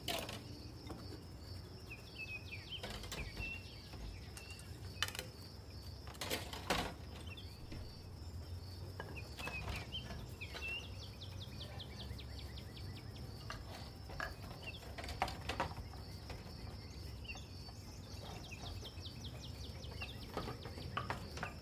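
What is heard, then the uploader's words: Kitchen sounds from a summer day: a steady low hum runs underneath while sharp clicks and knocks of utensils land every few seconds, the loudest near six and a half seconds. A thin, high insect-like whine holds steady throughout, with faint bird chirps scattered in. Summer kitchen white noise has the sound of cooking and baking.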